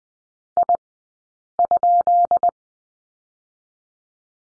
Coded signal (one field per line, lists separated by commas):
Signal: Morse code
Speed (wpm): 20 wpm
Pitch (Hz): 700 Hz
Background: none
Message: I?